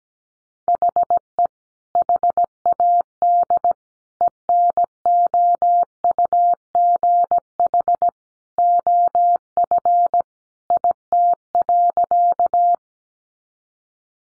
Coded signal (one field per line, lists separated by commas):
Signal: Morse code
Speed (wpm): 17 wpm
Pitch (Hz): 700 Hz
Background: none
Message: HE HAD ENOUGH OF IT.